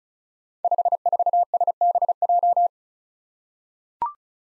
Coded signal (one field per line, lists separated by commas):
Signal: Morse code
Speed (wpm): 36 wpm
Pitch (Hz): 700 Hz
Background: none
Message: 54SBJ